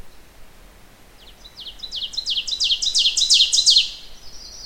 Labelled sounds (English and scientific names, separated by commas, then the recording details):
Ovenbird (Seiurus aurocapilla) song
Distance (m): 5 m
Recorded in boreal forest in Alberta, Canada, on 16 June 2016 at 06:12
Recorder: SongMeter 3, array SBT-3-32
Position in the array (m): 114 m, 145 m
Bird 37